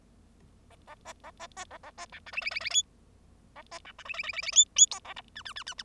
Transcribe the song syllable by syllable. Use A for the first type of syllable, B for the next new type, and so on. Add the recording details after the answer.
A A B A B B A A B C D E E E E F A B C D E E E E E F F G A H I I I I I. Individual Bird0